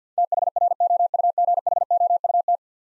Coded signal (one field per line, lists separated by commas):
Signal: Morse code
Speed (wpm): 50 wpm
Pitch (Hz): 700 Hz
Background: none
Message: THROUGHOUT